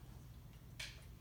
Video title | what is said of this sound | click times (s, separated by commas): A V Training Part 1 | just snaps right into place so | 0.8 s